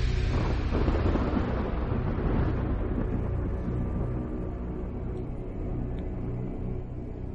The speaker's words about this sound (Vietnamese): Lúc này trên bầu trời của Thương Minh đột nhiên xuất hiện một trận mưa sao băng dồn dập. Kéo theo cái trận mưa sao băng kinh hoàng đó thì tất cả mọi nơi đều dường như là bị chấn động ầm ĩ.